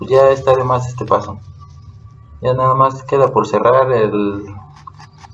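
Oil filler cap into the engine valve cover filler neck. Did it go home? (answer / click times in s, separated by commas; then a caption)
yes / 4.9 s. After the engine oil is refilled on a 2015–2021 Hyundai Grand i10, the plastic oil filler cap is screwed shut into the engine valve cover filler neck while someone talks. A faint tick comes at 4.8 s, then the cap gives a sharp click at 4.9 s, showing it is closed.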